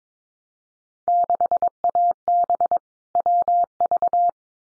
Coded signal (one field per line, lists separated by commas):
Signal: Morse code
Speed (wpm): 22 wpm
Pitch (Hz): 700 Hz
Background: none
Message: 6AB WV